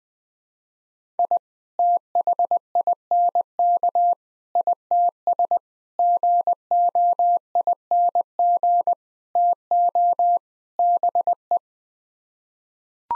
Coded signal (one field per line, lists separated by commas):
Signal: Morse code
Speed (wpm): 20 wpm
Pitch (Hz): 700 Hz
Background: none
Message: I THINK ITS GOING TO BE